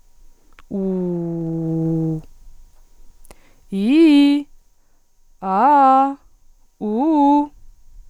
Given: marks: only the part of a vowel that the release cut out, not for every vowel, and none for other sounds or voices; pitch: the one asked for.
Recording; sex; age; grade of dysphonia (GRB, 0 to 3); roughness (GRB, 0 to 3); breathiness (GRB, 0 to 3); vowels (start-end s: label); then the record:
sustained vowels; female; 20 to 29 years; 0; 0; 0
0.78-2.12 s: vowel /u/, low pitch
3.75-4.38 s: vowel /i/, low-high-low pitch
5.47-6.08 s: vowel /a/, low-high-low pitch
6.85-7.42 s: vowel /u/, low-high-low pitch
From the record:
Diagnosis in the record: healthy voice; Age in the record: 21 years